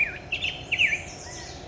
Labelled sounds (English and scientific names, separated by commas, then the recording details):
Black-headed Grosbeak (Pheucticus melanocephalus)
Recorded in Sonoma County, California